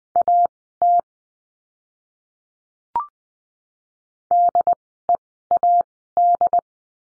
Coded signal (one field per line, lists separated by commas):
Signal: Morse code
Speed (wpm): 20 wpm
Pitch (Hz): 700 Hz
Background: none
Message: AT DEAD